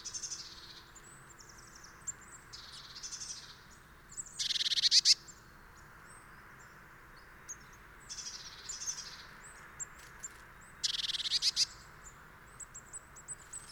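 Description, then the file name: Eurasian blue tit calling with thin, high notes and two louder buzzy, scolding bursts. "Cyanistes caeruleus"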